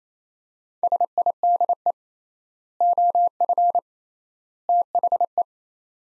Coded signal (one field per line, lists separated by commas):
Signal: Morse code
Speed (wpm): 28 wpm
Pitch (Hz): 700 Hz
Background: none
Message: SIDE OF THE